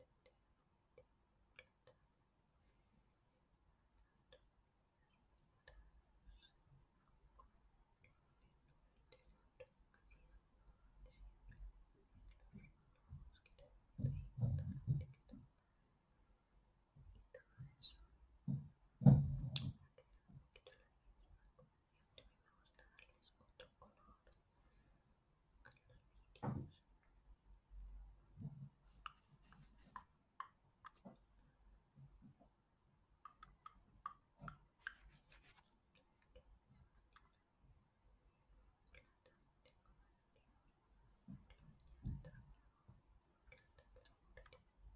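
A brush is touched against a face, mostly very quiet with scattered soft ticks and clicks. Louder, low brushing rustles come in bursts near 14 and 19 seconds, with smaller strokes around 27, 35 and 42 seconds.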